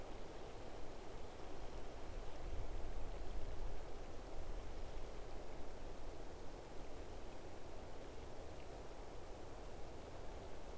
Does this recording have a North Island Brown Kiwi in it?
no